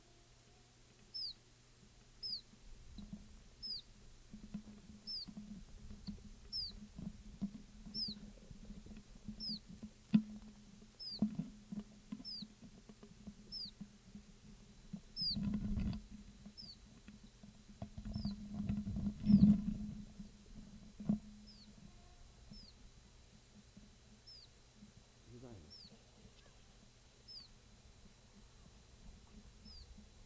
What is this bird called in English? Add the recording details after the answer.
Iberian Chiffchaff. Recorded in the wild. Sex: diverse. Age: adult. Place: Ramales de la Victoria, Nordspanien, Kantabrien, ES. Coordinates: 43.25, -3.46667. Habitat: shrubbery. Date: 1964-05-04 16:25. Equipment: Nagra III PH, LGS26. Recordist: Sapper. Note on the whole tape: Phylloscopus collybita brehmii (alte Bezeichnung, inzwischen eigene Art). Lock- bzw. Warnrufe von Männchen und Weibchen; Fluglaute; "it"-Laute